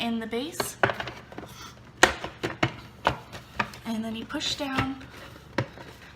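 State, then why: Seated. Someone talks while the yellow plastic belt housing cover of a Eureka upright vacuum is lined up with three notches on the base and pushed down, with several short sharp knocks along the way. The cover snaps home into the vacuum cleaner base with a single sharp click at 5.6 seconds and is seated.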